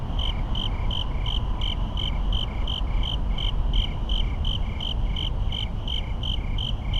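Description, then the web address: Rapid regular cricket chirps in steady sequence, set against a continuous low road rumble. Crickets on a suburban night with rapid traffic echoes. "boom library Urban and Suburban. Suburban night crickets rapid traffic echoes"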